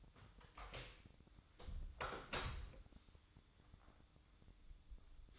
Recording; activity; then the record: daily activity, microphone in the room; close door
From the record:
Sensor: 3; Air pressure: 1004.9 hPa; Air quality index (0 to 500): 68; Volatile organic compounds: 2 ppm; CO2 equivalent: 1003 ppm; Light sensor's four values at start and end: 9/21/8/8 and 9/21/8/8